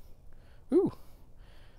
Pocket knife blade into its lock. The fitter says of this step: it lock let's see if it locked no it did not oops